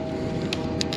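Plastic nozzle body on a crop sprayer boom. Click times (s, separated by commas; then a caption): 0.5 s, 0.8 s. A plastic nozzle body on a crop sprayer boom is turned by hand and clicks twice, at 0.5 s and 0.8 s, with another brief tick at 0.9 s over a steady low hum. The nozzle body is seated, and the click shows it is in the position it is supposed to be.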